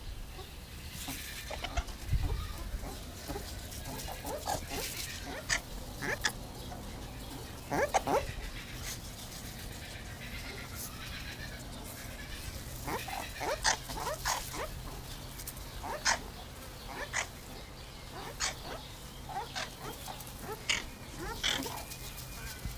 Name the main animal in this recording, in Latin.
Mungos mungo